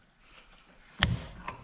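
A polyurethane bump stop block is forced into its mount on a Jeep suspension. After faint low rumbling, it snaps into place with one sharp, loud snap at 1.0 s, followed by a quieter knock at about 1.5 s. The block is seated.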